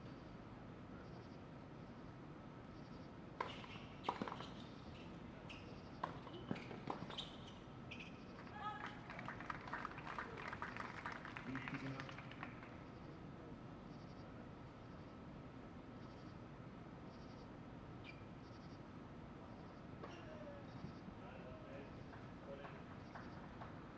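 Crickets chirp in a steady, faint pulse over a low continuous rumble as a train passes in the distance. Sharp knocks from the tennis match land between about 3 and 8 seconds, then quiet chatter swells around 9 to 12 seconds before fading.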